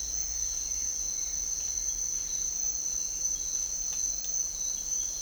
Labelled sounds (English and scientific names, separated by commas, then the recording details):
none
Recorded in dense forest near Puerto Asís, Putumayo, Colombia, on 21 March 2025 at 06:30
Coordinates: 0.499, -76.324
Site GP03